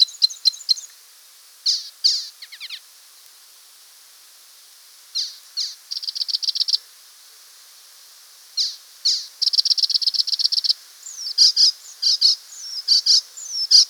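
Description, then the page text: Icterine warbler song in separate bursts: harsh repeated notes, rapid trills and slurred whistled notes, with pauses between phrases. "Icterine Warbler Song. Quick Sounds"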